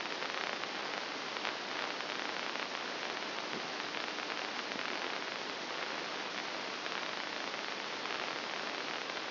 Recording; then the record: brain microelectrode recording played as sound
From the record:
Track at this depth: inside the subthalamic nucleus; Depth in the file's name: 4.863 mm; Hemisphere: left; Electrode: 2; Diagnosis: Parkinson's disease